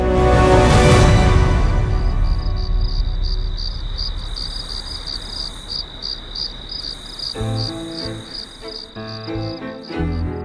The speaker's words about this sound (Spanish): Y cuando llegó la noche, abrieron el cajón en el que custodiaban todas las historias y leyendas, y con el canto de los grillos, prosiguieron su viaje.